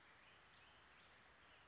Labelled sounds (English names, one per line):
Western Flycatcher